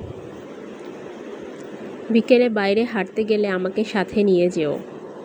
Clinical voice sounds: elicited speech; Bengali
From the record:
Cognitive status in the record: cognitively healthy

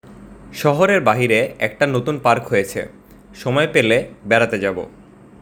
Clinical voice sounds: elicited speech; Bengali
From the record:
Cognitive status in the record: cognitively healthy

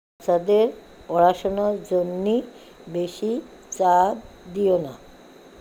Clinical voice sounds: elicited speech; Bengali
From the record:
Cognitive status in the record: dementia

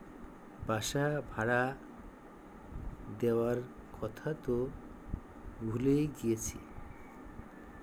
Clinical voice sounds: elicited speech; Bengali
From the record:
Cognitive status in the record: dementia

